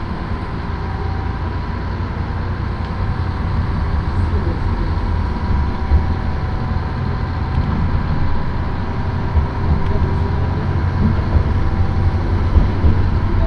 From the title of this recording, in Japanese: 明知鉄道 明智→恵那